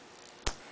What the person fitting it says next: You push it on till you hear that little click.